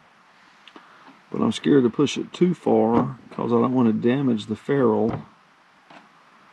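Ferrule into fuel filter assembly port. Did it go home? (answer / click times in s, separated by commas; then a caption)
no / none. A small fuel-line ferrule is pushed by hand into its hole on a backhoe fuel filter assembly, with two faint handling knocks near 0.7 s and 0.8 s before someone talks. The ferrule has not snapped in, and pushing stops to avoid damaging it.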